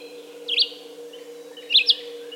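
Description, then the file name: Red-eyed vireo, two brief slurred whistled phrases about a second apart, above a steady low hum. "red-eyed vireo song by jonathon jongsma"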